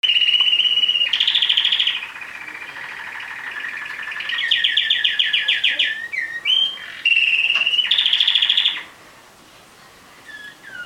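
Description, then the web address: Domestic canary song: bright high trills and rolling phrases switch every second or two, some notes held steady, before the singing drops to a quiet pause. "Bird Songs Canary Canary-Guitar"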